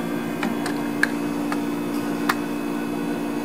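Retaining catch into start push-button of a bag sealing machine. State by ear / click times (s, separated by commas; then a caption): seated / 1.0 s, 2.3 s. A retaining catch is pressed into the new start push-button of a K 255 bag sealing machine and then twisted until it locks. Over a steady hum, a few faint ticks lead to sharp clicks at 1.0 s and 2.3 s. The catch snaps home and the button latch is seated.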